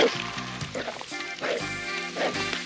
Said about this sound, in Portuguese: Ah, que cachorrinho bravo.